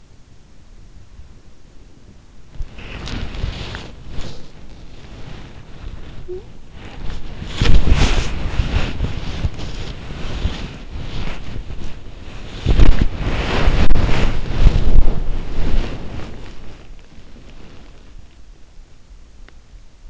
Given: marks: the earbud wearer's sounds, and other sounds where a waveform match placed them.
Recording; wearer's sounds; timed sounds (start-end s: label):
sounds in sleep by an in-ear microphone; body movement, talking in sleep, teeth grinding
0.00-20.10 s: body movement
6.02-6.65 s: talking in sleep
19.36-19.63 s: teeth grinding